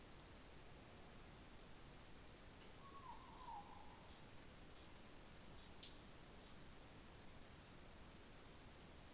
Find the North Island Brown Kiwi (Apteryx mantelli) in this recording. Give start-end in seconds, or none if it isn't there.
none